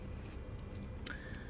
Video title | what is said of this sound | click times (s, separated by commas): Early 2000’s Chevy/gmc light truck radiator change out | and that's all and you'll hear a click noise and they're good to go um | 1.1 s